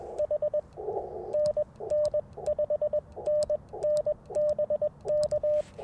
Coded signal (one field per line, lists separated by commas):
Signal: Morse code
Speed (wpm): 20 wpm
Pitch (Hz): 600 Hz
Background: radio noise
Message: H NN 5NN BK